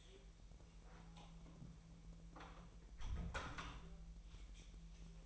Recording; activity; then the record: daily activity, microphone in the room; close door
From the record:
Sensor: 1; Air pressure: 1001.4 hPa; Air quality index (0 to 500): 249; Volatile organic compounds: 131 ppm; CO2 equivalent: 3934 ppm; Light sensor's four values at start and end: 13/31/13/14 and 13/30/13/14